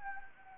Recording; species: mosquito wingbeat signal from an infrared sensor; Anopheles gambiae